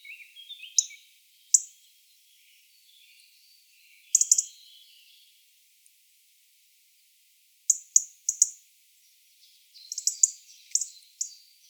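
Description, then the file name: European robin giving scattered high-pitched chirps and short rapid note clusters, broken by a long quiet pause midway. "Erithacus rubecula"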